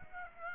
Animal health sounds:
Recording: mosquito wingbeat signal from an infrared sensor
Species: Aedes aegypti

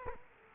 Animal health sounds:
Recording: mosquito wingbeat signal from an infrared sensor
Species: Culex quinquefasciatus

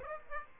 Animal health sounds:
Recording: mosquito wingbeat signal from an infrared sensor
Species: Aedes aegypti

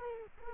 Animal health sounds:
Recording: mosquito wingbeat signal from an infrared sensor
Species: Culex quinquefasciatus

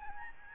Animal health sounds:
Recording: mosquito wingbeat signal from an infrared sensor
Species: Aedes albopictus

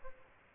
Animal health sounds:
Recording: mosquito wingbeat signal from an infrared sensor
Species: Aedes albopictus

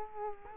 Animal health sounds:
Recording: mosquito wingbeat signal from an infrared sensor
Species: Culex quinquefasciatus

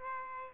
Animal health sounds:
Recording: mosquito wingbeat signal from an infrared sensor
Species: Aedes albopictus

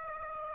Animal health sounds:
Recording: mosquito wingbeat signal from an infrared sensor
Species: Aedes aegypti

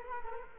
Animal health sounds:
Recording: mosquito wingbeat signal from an infrared sensor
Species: Culex quinquefasciatus

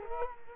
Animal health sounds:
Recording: mosquito wingbeat signal from an infrared sensor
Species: Culex quinquefasciatus

